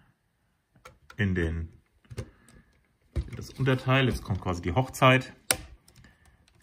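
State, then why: Seated. A plastic clamp-brick body section of a Bluebrixx 102741 classic transporter model (Citroen H) is joined onto the model's lower section while someone talks. A sharp plastic snap at 5.5 s marks the upper part clicking into place on the lower part, and the assembly is seated.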